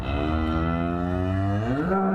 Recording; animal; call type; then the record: contact call of a hoofed animal; cattle; low-frequency (closed-mouth) or high-frequency (open-mouth) call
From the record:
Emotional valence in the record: negative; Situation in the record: full separation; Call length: 2.2 s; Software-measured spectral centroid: 1080 Hz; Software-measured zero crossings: 940 a second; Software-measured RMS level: -24 dBFS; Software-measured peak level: -12 dBFS